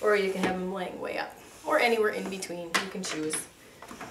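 Someone talks while handling the recline adjuster of a baby rocker seat, moving the infant seat's recline from flat toward upright. A brief small knock comes near 3.8 s, but the recline mechanism has not latched or locked into position yet.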